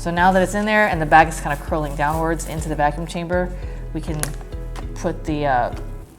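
A bag is placed in an Amazon Basics vacuum food sealer and curls downward into the vacuum chamber while someone talks over background music. The plastic cover is about to be closed and pressed onto the sealer base, but nothing has latched or clicked yet.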